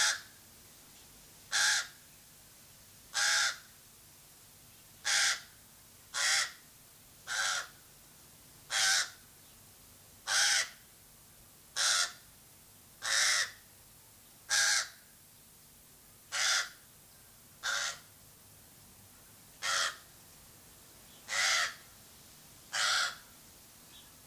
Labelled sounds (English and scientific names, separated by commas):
Pied Crow (Corvus albus) call